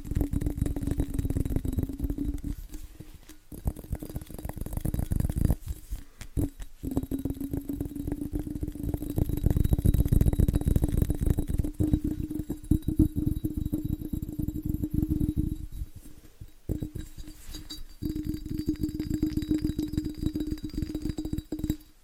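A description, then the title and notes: Fast, dense tapping on hard objects, with rapid clicks packed together through most of the clip. A steady low hum runs underneath, and the tapping briefly pauses around 3, 6 and 16 seconds before resuming. ASMR Fast Tapping with New Tingly Triggers (No Talking).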